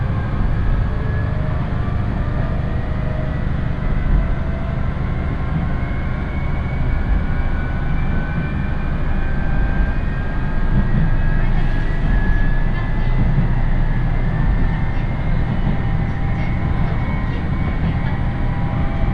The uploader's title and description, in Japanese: 伊勢鉄道 四日市→津。普通列車は１両のレールバスで数人程度の乗客ですが、土曜日ということもあり徐々に高校生が乗ってきたりと賑やかになってきます。